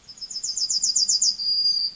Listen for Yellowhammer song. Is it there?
yes